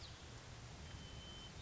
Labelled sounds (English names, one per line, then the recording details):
White-crowned Sparrow
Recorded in Sonoma County, California